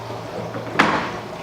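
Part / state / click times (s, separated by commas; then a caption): filter paper roll holder into drum filter housing / seated / 0.8 s. A plastic filter-paper roll holder for a Genesis aquarium/pond drum filter is placed left side first, then gently pushed and lined up with the holes in the filter housing. A single sharp click sounds at 0.8 s over a low steady background hum. The holder locks into place.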